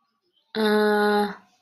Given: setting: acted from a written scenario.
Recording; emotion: vocal sound without words; confusion